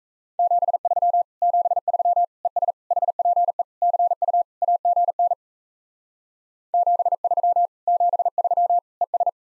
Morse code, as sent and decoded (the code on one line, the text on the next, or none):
--... ...-- / --... ...-- / . ... / .... .--. . / -.-. ..- / .- --. -. / --... ...-- / --... ...-- / . ...
73 73 ES HPE CU AGN 73 73 ES